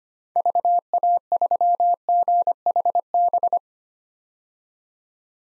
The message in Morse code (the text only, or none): VA3GHB